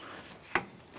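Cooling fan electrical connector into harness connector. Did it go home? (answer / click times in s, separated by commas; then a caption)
no / none. A cooling fan's plastic electrical connector on a 2004-2008 Acura TL is brought over and lined up with its harness connector, with faint handling noise and a single brief, sharp tap at about 0.6 s. Nothing has seated or clicked yet.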